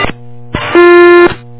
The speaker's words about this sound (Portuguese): Bip checado.